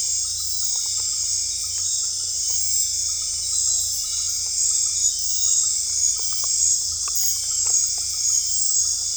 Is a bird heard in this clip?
no